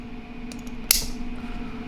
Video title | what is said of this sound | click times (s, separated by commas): THREE Matco 1/2" Impacts Combine to Make One Good One. | on this section here just press it on and it'll snap into where it belongs | 0.9 s